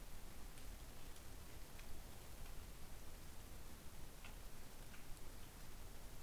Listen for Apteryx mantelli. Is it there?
no